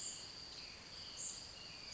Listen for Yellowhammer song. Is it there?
no